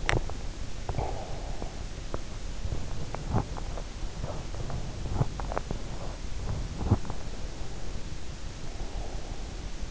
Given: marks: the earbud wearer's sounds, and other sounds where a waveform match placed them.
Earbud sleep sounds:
sounds in sleep by an in-ear microphone; teeth grinding, breath, swallowing
0.00-0.35 s: teeth grinding
0.91-1.91 s: breath
2.76-7.36 s: swallowing

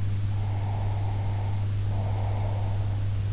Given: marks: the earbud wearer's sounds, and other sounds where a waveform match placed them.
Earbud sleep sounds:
sounds in sleep by an in-ear microphone; breath
0.36-3.02 s: breath

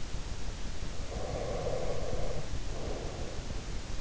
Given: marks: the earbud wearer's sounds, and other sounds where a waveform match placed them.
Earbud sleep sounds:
sounds in sleep by an in-ear microphone; breath
0.92-3.75 s: breath

